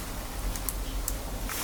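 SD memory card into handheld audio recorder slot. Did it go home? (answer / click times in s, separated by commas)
yes / 0.7 s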